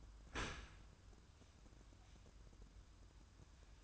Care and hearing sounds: daily activity, microphone in the room; open dishwasher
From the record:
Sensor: 2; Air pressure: 994.3 hPa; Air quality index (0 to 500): 211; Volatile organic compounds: 1000 ppm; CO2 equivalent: 6993 ppm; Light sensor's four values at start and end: 136/326/138/143 and 134/321/136/140

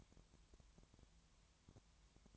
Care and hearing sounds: daily activity, microphone in the room; no activity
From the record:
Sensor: 3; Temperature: 20.5 degrees Celsius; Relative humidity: 33.0%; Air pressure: 1003.2 hPa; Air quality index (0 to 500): 105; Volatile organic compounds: 2 ppm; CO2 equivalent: 1068 ppm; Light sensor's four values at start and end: 2/3/2/2 and 2/3/2/2

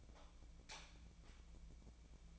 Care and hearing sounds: daily activity, microphone in the room; light off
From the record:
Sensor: 1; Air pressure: 1000.0 hPa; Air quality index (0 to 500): 130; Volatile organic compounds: 2 ppm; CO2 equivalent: 1228 ppm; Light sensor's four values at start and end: 35/92/38/46 and 32/82/34/41

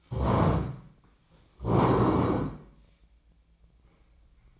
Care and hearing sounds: daily activity, microphone in the room; stand up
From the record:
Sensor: 1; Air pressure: 1012.3 hPa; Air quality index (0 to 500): 173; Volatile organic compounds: 3 ppm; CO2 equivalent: 1418 ppm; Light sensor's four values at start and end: 47/126/52/63 and 47/125/51/63

